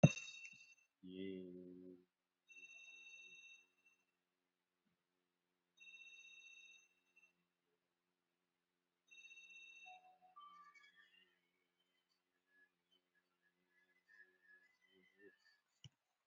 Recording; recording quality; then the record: sustained vowel as in made; moderate, slight background noise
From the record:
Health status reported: COVID-19 positive, moderate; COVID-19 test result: positive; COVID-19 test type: RT-PCR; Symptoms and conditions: cold, sore throat, loss of smell and taste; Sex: male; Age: 45 years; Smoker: yes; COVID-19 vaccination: one dose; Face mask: worn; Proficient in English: yes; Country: India